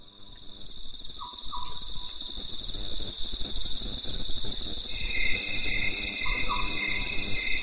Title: At night, the cricket cricket and nightingale choir in the mountains